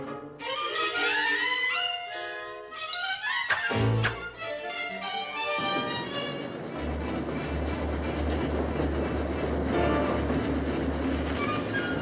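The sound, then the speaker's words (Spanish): A railway mail car rolls along the tracks, first with high, wavering metallic squeals, then a steady loud rumbling clatter with a throbbing low drone underneath, and no voices. “Carro correo.”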